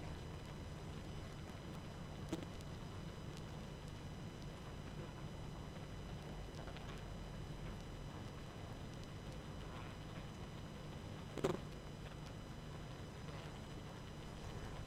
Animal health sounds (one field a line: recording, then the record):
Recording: honeybee colony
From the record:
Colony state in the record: active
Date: 12 June 2018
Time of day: 21:03